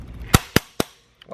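A torque-limiting tool tightens the second tower fastener on a Yakima BaseLine roof rack with JetStream bars, after the toe adjustment has been set to three for the vehicle. Three sharp clicks ring out at 0.4, 0.6 and 0.8 seconds, showing the tool has clicked at its setting and the fastener is fully tightened to factory settings.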